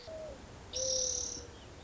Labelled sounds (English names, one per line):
Mourning Dove